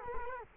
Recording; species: mosquito wingbeat signal from an infrared sensor; Culex quinquefasciatus